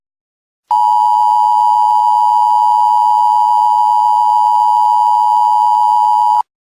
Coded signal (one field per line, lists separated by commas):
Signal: Emergency Alert System (SAME) tones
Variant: 853 and 960 Hz attention tone